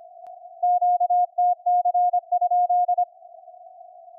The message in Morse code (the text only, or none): QTC?